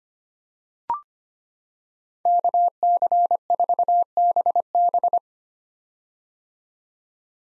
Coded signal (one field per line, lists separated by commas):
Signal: Morse code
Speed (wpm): 25 wpm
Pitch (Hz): 700 Hz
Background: none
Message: KC4BB